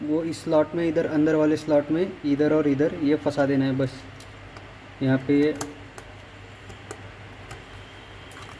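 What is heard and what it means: A shunt coil accessory is slid into the slots inside an L&T 630A 4-pole DSINE moulded case circuit breaker while someone talks, followed by quieter handling noise with light ticks around 6.0 and 6.9 s. The clip ends before the part is pressed home, so nothing has seated or clicked yet.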